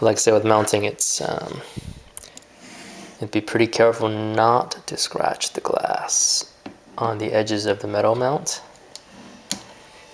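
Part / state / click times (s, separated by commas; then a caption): camera lens into camera body bayonet mount / seated / 9.5 s. Someone talks while a Canon 85mm 1.2 lens is twisted onto the camera body's metal bayonet mount, with a few faint ticks heard along the way. The lens snaps into place and locks with a sharp click at 9.5 s.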